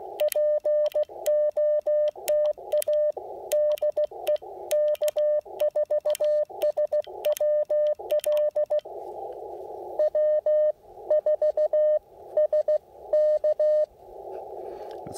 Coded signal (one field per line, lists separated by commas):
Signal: Morse code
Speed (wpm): 16 wpm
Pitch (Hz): 590 Hz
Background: none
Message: POTA DE K4SWL W4S K